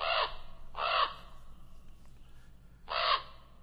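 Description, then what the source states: Common raven giving harsh, hoarse croaks: two in quick succession, then a third after about two seconds of quiet. Ravens nesting again this year among antennas high on a broadcast relay tower behind a garden.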